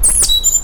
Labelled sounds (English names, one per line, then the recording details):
Stitchbird song
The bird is a male
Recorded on Tiritiri Matangi Island, New Zealand, in 2005
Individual 1, of nest box 1